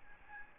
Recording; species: mosquito wingbeat signal from an infrared sensor; Aedes albopictus